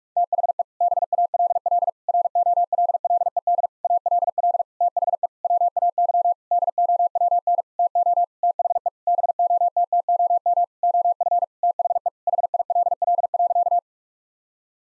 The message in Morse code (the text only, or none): THE BALL ROLLED ALL THE WAY DOWN TO THE BOTTOM OF THE HILL.